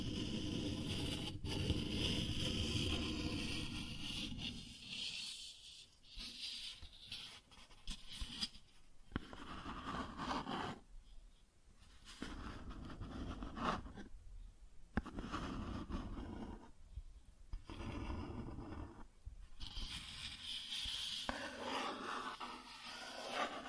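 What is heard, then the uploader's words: Cardboard is scraped and dragged in a steady stream of rough, gritty strokes for the whole 24 seconds. The texture shifts between heavier, low rasping passages and lighter, thinner scratches, with brief pauses near 6, 11, 14, 17 and 19 seconds. Cardboard Scratching, Tracing, Tearing.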